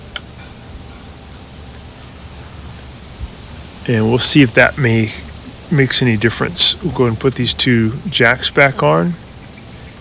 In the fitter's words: push in until it clicks